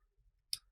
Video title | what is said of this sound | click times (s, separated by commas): TRANSFORMERS REVIEW - BUMBLEBEE STUDIO SERIES 100 RISE OF THE BEASTS SS100 ROTB | here's the other side it just snaps right in | 0.5 s